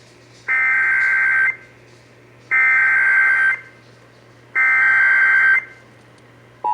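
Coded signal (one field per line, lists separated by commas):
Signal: Emergency Alert System (SAME) tones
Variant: header bursts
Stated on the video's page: Severe Thunderstorm Warning for Dallas and Ellis Counties, relayed on AM radio station WBAP.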